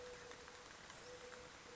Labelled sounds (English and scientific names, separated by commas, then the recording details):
Mourning Dove (Zenaida macroura)
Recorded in Sonoma County, California